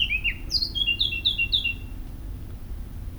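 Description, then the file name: Eurasian blackcap song: a quick run of clear, slurred whistles dropping in pitch, rapidly repeated for about two seconds, then quiet low hum. "Sylvia atricapilla"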